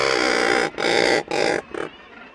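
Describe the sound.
Razorbill growling calls, a long rough groan followed by two shorter harsh grunts and a brief final one.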